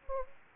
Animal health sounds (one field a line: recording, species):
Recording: mosquito wingbeat signal from an infrared sensor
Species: Anopheles gambiae